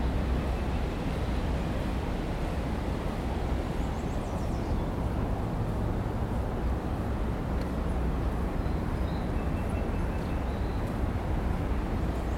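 A stretch of sounds from Oregon: a steady, dense low rumble like an engine or passing vehicle runs unchanged for the whole twelve seconds. Faint, brief high chirps flicker above it around the four- and ten-second marks.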